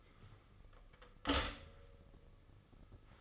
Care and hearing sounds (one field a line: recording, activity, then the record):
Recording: daily activity, microphone in the room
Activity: stop toaster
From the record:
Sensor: 4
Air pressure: 996.0 hPa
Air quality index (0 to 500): 67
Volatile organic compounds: 2 ppm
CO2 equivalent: 1217 ppm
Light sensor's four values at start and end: 14/36/14/15 and 12/30/12/13